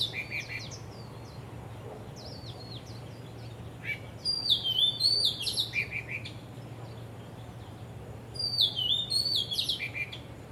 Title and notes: 香港 烏溪沙 雀鳥勁唱歌 Date: 15 December 2006